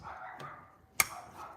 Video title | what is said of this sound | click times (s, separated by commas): Rss mounts continued | click it's in | 1.0 s